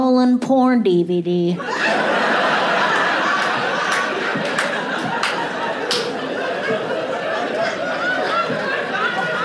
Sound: laughter

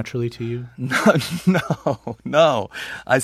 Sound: laughter

